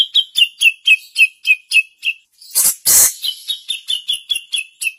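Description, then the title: Grey-cheeked bulbul calling: steady chirps repeated about four per second, interrupted midway by a loud, harsh, noisy burst. Female. "Cucak Jenggot Betina"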